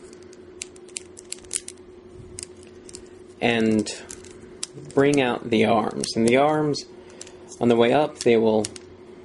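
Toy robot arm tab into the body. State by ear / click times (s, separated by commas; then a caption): not seated / none. Someone talks while handling a Transformers Revenge of the Fallen Scout Sky Stalker plastic robot toy, bringing out its arms so the small plastic tabs can latch into the body as the arms swing up. A few light, sharp plastic ticks are heard early on, between stretches of speech. The clip ends before the arm tabs go home, so nothing has clicked or seated yet.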